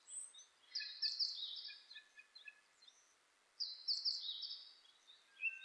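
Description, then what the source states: Japanese thrush giving two high song phrases of rapid notes, separated by a pause. Recorded 26 April 2006.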